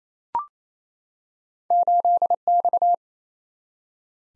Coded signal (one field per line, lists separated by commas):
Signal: Morse code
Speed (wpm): 27 wpm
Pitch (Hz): 700 Hz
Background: none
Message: 8X